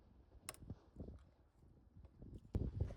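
A torque wrench tightens an ignition coil hold-down bolt into the engine cylinder head of a 1996–2002 Toyota 4Runner (3rd generation) to 69 inch-pounds. After low rustling and ratcheting, a sharp click at 0.5 s marks the wrench clicking at its setting, followed by a few softer taps and a louder knock near the end.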